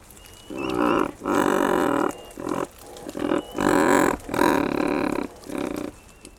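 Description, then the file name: Razorbill growling calls: a series of rough, harsh, low groaning bursts, each from about a quarter of a second to nearly a second long, irregularly spaced. "pingouin torda"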